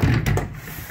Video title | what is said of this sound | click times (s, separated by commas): 1965 fJ40 Land Cruiser - Loaded Lockers | guillotine door swings open locks in place see | 0.3 s, 0.4 s